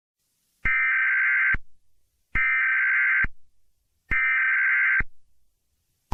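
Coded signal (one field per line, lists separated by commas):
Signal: Emergency Alert System (SAME) tones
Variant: header bursts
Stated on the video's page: Fictional EAS scenario or mock, not a real alert.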